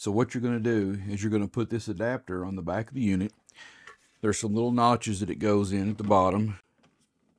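Someone talks while handling a plastic exhaust adapter at the back of a Zero Breeze cordless portable air conditioner, lining it up with small notches at the bottom of the unit's back panel so hot air is not blown back into a teardrop camper. Only a couple of faint ticks are heard; nothing has seated or clicked yet.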